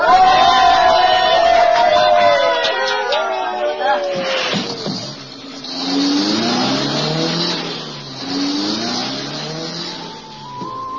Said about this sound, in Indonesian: Pak Supir, hidupkan busnya. Bawa cepat ke kantor polisi.